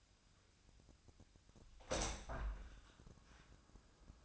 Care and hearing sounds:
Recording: daily activity, microphone in the room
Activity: open window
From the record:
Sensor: 2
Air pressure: 1004.5 hPa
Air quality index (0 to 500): 80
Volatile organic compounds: 1 ppm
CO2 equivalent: 953 ppm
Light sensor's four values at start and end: 6/14/5/6 and 6/14/5/6

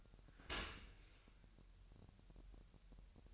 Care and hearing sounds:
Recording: daily activity, microphone in the room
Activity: open dishwasher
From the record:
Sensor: 2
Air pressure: 1000.5 hPa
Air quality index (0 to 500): 247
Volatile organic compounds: 94 ppm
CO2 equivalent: 3714 ppm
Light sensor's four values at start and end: 9/21/9/9 and 9/22/9/9

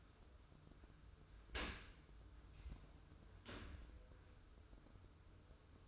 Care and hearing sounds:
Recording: daily activity, microphone in the room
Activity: open dishwasher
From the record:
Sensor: 2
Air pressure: 995.6 hPa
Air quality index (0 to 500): 95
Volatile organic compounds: 5 ppm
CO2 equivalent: 1758 ppm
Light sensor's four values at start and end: 25/80/32/31 and 25/80/32/30

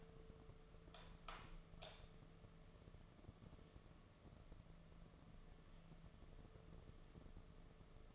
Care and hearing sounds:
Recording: daily activity, microphone in the room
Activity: light off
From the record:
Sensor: 4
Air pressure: 1015.6 hPa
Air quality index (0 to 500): 183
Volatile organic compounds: 8 ppm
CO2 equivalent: 2110 ppm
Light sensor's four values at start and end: 23/57/24/25 and 22/53/23/24

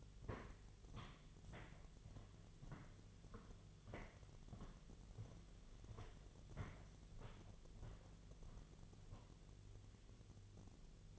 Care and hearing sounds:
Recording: daily activity, microphone in the room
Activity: walk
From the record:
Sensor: 4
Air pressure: 1009.2 hPa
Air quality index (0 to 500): 173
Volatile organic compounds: 5 ppm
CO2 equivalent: 1740 ppm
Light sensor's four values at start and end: 25/78/30/29 and 25/78/30/29

